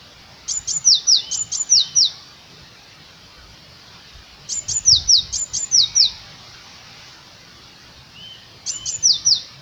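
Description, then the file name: Eurasian blue tit song: three bursts of very high, thin descending notes in quick pairs, the first two lasting about a second and a half and the last cut short, with pauses of about two and a half seconds between. "Cyanistes caeruleus"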